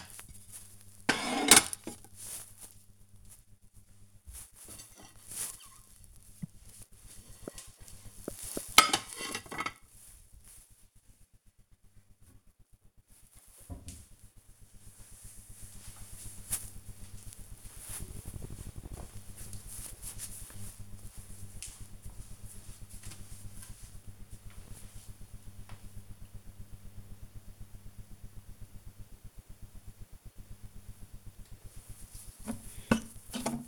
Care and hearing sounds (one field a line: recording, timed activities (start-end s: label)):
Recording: household activities, microphone on the right wrist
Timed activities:
0.00-13.37 s: putting away the dishes
31.45-33.68 s: washing hands